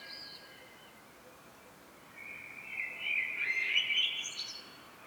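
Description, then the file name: Common blackbird song, a single warbled phrase that starts low and builds into a louder, rising, twittering finish after a quiet opening. "Turdus merula"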